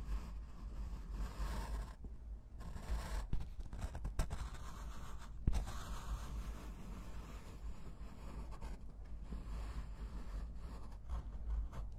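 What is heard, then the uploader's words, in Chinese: A pencil or pen scratches steadily across paper, a dense, grainy rasp that barely changes over the twelve seconds. A few sharp taps stand out near the middle, and a low constant rumble sits underneath throughout. 铅笔、钢笔写字声。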